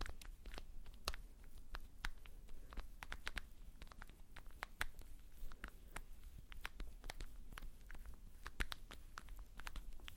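Makeup being applied, with quick taps and clicks scattered irregularly throughout, several per second at times. Each tap is sharp and bright, standing out over a soft, steady low rumble and faint brushing texture underneath. No voice is heard.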